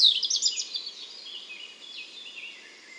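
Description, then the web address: European robin song, a short burst of high, fast tinkling notes fading into soft, drawn-out thin warbles. "SETE Erithacus rubecula"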